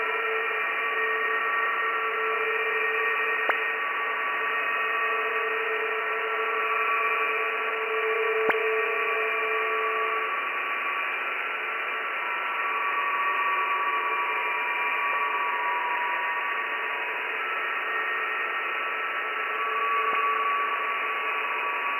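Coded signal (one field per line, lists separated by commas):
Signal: PSK31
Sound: several faint steady warbling tones at different pitches under constant hiss, one brief click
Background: radio static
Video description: PSK31 Random Compilation using RTL2838/R820T SDR Dongle on 14 MHz HF with NooElec Upconverter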